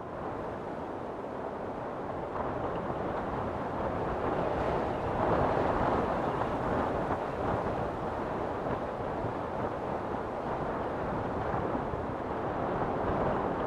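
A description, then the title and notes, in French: Wind moves through treetops and rustles the leaves in a dense, steady roar that stays mostly low and full. The sound swells slightly around the middle and again near the end, with soft rushing gusts and no distinct separate events. Vent qui caresse les sommets des arbres et danse à travers les feuilles.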